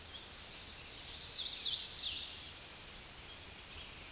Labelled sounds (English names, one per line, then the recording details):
Hooded Warbler song
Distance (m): 40 m
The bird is about 10 m above the microphone
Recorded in a Pennsylvania forest on 16 May 2024 at 09:29
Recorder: AudioMoth, point MSD-2163
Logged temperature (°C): 16.1 °C
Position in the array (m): 146 m, 145 m